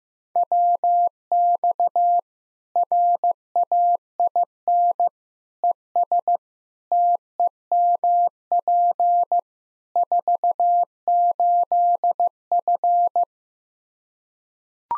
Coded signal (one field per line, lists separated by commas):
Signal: Morse code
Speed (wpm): 15 wpm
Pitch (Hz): 700 Hz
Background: none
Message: WX RAIN ES TEMP 48F